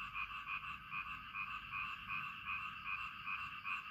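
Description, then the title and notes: Frog croaks in quick pulsed bursts, a regular throbbing rhythm of about two to three beats per second, backed by continuous rain hiss. "Frog Time. Frog and Rain"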